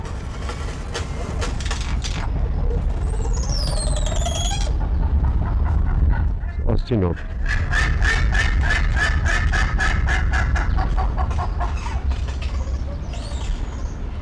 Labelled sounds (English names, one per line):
Crested Oropendola